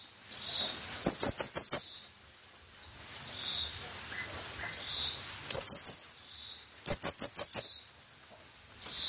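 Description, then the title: Blue-crowned hanging parrot calls: three quick strings of three to five sharp, very high chirps, with fainter softer notes and low hiss between bursts. Lure call used to attract the bird. "Burung Serindit Memanggil"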